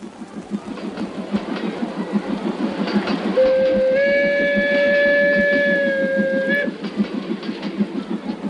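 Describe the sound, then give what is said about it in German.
An overcrowded steam passenger train chugs along with a steady, rhythmic beat, then its whistle blows one long, sustained, mid-pitched tone for about three seconds before the chugging carries on alone. “Wir sind wenigstens mit dem Zug, eine Station mit dem Zug gefahren.”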